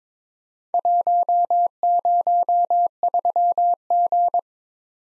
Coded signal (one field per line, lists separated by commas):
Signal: Morse code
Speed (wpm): 28 wpm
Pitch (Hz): 700 Hz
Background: none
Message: 103G